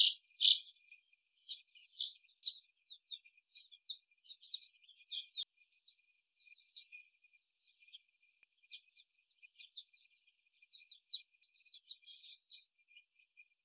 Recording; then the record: young laying hens in a cage, short pieces joined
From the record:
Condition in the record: before the stressor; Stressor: simulated dog barking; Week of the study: 1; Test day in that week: 2